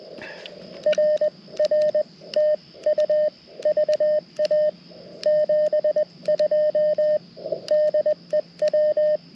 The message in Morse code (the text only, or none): RR TU VA 72 DE W